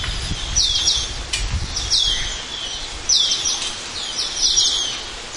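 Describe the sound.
Asian glossy starling calls: high, harsh chattering bursts in short groups, with brief gaps between them, over a steady noisy background.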